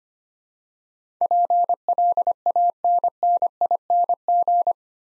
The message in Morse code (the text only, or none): PLANNING